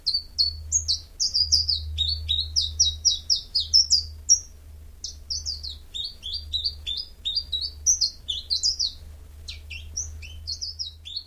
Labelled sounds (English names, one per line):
Common Chiffchaff song